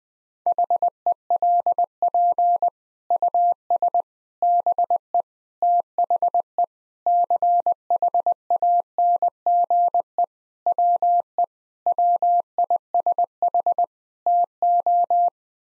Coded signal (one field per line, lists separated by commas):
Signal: Morse code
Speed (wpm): 20 wpm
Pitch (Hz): 700 Hz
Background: none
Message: HELP US BE THE CHANGE WE WISH TO